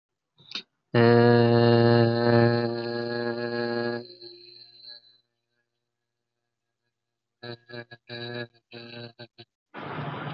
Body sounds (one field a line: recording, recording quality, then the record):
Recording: sustained vowel as in made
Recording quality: excellent, no background noise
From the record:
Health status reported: healthy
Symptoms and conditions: none ticked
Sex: male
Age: 20 years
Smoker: not ticked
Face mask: not worn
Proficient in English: yes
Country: India